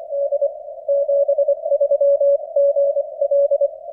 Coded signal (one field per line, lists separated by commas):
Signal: Morse code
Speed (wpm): 24 wpm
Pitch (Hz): 560 Hz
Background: none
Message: D 73 GL